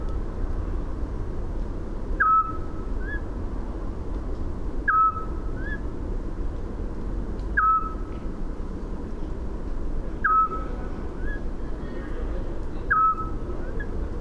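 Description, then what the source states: Eurasian scops owl giving short, clear whistled notes, one every two to three seconds, five in all, with a softer higher note after several, over steady low rumble. 8 May 2018, Landshut.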